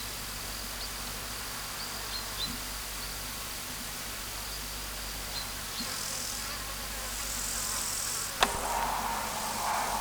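Omocestus panteli grasshopper song: two faint, hissing high-pitched bursts of stridulation late, over a steady low background hum.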